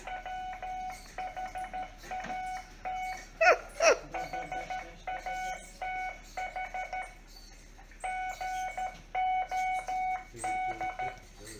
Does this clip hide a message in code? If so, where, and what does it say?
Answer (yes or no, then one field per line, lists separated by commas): yes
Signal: Morse code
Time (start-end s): 0.1-11.1 s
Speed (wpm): 13 wpm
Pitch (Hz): 740 Hz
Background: none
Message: WHATE HATH GOD